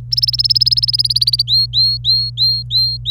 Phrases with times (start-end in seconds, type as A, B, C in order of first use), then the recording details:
0.11-1.42 A, 1.47-3.10 B. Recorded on 26 April 2018 at 12:42. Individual llb3